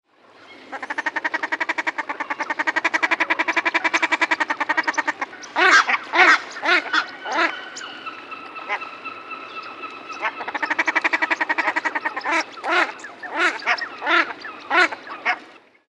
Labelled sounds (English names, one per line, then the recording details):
Common Shelduck
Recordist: Tembrock, Günter
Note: Balz mit Hetzrufreihen des Weibchens